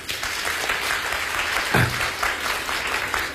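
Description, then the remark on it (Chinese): Steady audience applause, invited by a performer before singing a Chinese opera painted-face (hualian) passage, a dense crackle of many hands clapping at an even, fairly loud level throughout, with a brief low thump near the middle and no one speaking. “来一段摇旗， 来，大伙儿掌声。”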